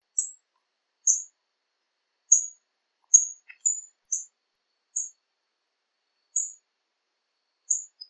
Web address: White browed foliage gleaner. صدای-پرنده-برگ-چین-سفیدابرو